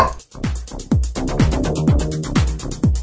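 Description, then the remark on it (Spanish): A small female dog barks repeatedly at leaves flying or birds on a sunny day, about six sharp, loud yaps at a steady, roughly half-second rhythm, with no talking over them. “Disculpa mi perrita, es que como les digo, está haciendo el sol, ve hojas volando o aves y las aves son su distracción.”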